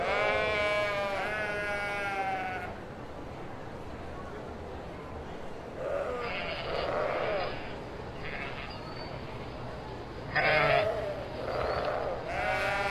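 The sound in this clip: Sheep bleating repeatedly: two bleats at the start, then several shorter and longer bleats later on.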